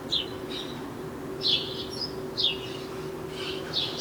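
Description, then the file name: House sparrow chirps, a series of harsh chirped notes irregularly every half second to second over a low hum. "Passer domesticus"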